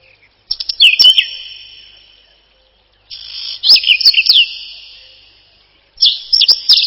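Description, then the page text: Whinchat singing three chattering phrases of rapid high notes and clicks, separated by pauses of about two seconds. Song described as a short twittering trill. "Луговой чекан — Saxicola rubetra"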